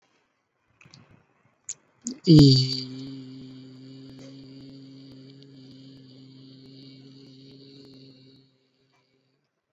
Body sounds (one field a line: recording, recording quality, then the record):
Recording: sustained vowel as in beet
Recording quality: excellent, no background noise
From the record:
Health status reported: COVID-19 positive, mild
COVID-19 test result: positive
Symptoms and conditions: none ticked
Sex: male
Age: 30 years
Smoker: not ticked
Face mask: worn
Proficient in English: yes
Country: India